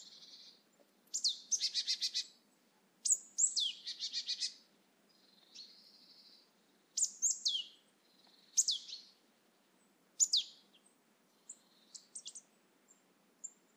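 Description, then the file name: Marsh tit giving repeated high, sharp down-slurred calls mixed with buzzy, scolding chatter series, irregularly spaced throughout. "Poecile palustris"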